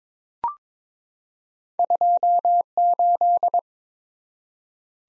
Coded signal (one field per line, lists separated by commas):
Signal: Morse code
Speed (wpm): 21 wpm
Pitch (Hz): 700 Hz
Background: none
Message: 28